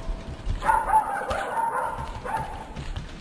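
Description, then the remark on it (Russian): A puppy barks cheerfully in a few quick, high-pitched yips, bursting out in a lively, uneven rhythm over a soft background hiss, as it runs along the shore beside a boy. “Спустившись с утеса, он побежал по берегу, прыгая с камня на камень, как маленький козленок, а щенок несся рядом с ним и весело лаял.”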